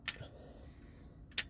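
A click-type torque wrench is tightened on the engine oil drain plug of a Corsa D during an oil and filter change. After a brief broadband burst near the start and a low steady background, the wrench gives a second sharp, loud click at 1.4 s, confirming the drain plug has reached its set torque.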